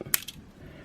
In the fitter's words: and hopefully it just pops out nicely. So again, pull it out.